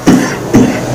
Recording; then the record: coughing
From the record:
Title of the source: Spring Cold Coughing 3